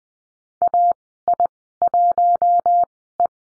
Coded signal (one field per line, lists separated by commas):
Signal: Morse code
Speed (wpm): 20 wpm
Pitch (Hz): 700 Hz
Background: none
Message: AI1E